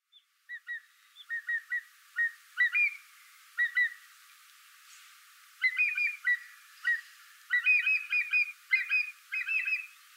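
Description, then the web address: Mountain hawk-eagle calls: short, sharp piping notes in quick bursts of two to four, repeated with gaps throughout, growing busier toward the end; no other clear sounds. At Kuroda, Tottori, on 11 February 2014. "shiryo koe kumataka 140211 tottori kuroda"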